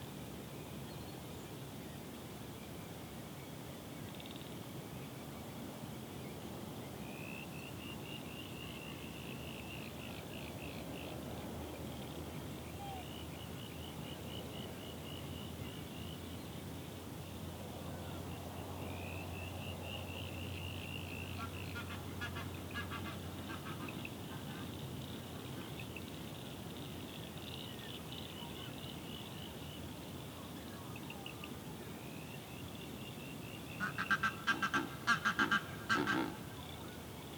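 Dusk at a swamp brings a steady low hum with thin insect-like trills around the middle, then a burst of sharp clicking calls near the end.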